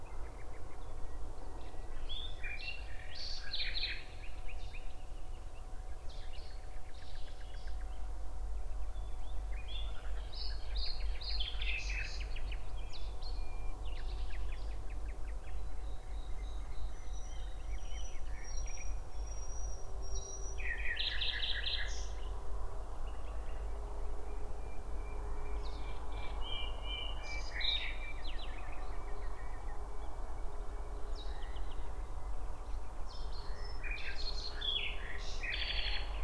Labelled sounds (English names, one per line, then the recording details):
Common Nightingale
Cetti's Warbler
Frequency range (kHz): Cetti's Warbler 3.1-6.7 kHz
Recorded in France